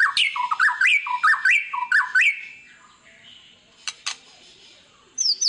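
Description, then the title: White-rumped shama song: a run of loud repeated rising whistles in quick succession, then quiet, a few sharp clicks and a short closing phrase. Lure recording meant to make other birds respond; described as a lively, frequently singing ('gacor') bird. "PANCINGAN MEWAH MURAI BATU GACOR, SEKALI DENGAR AMPUH LANGSUNG RESPON"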